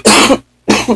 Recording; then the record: coughing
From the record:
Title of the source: 61 morning phlegmy cough...again